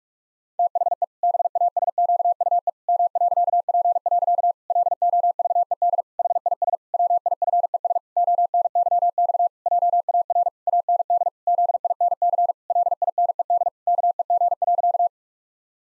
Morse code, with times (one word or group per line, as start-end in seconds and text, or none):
0.6-1.0 THE
1.2-2.7 BASQUE
2.9-4.5 M.P.
4.7-6.0 LOVED
6.2-6.8 HIS
6.9-8.0 WIFES
8.2-9.5 ONYX
9.7-10.5 JAR
10.7-11.3 AND
11.5-12.5 ZINC
12.7-13.7 LINED
13.9-15.1 KEG.